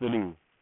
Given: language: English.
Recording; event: throat vibration sensor signal played as sound; speech